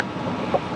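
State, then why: Not seated. A plastic cover piece is being pressed onto a roof rack bracket for Tesla Model Y cross bars; it is handled but has not seated or clicked yet. A steady wind-like broadband rumble runs throughout, with a brief faint tone and slight swell near 0.5 s.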